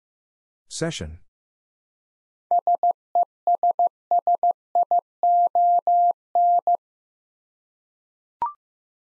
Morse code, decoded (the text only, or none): SESSION